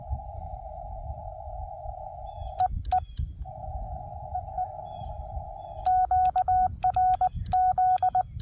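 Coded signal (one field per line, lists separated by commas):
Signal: Morse code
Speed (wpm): 19 wpm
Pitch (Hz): 740 Hz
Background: none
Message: EE EE QRZ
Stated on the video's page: 40 m daytime park activation with a Wolf River Coils Sporty Forty coil on a 17-foot whip, four ground radials, spike mount, under poor band conditions.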